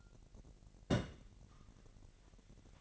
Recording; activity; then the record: daily activity, microphone in the room; place on stove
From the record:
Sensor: 4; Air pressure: 1012.8 hPa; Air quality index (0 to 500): 237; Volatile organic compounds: 4 ppm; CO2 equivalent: 1577 ppm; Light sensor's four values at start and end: 29/69/28/28 and 29/69/28/28